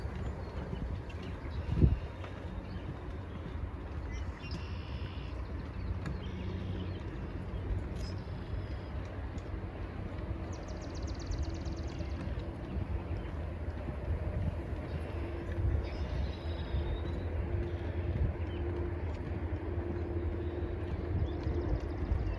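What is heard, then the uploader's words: A morning walk beside a river, under a constant low rumble of passing traffic or a heavy vehicle. A steady engine hum comes forward after the midpoint. Brief high chirps break through now and then, and a sharp knock sounds near two seconds. Quiet morning walk with Lola on the Rideau River Boardwalk. Morning walk on the Rideau River.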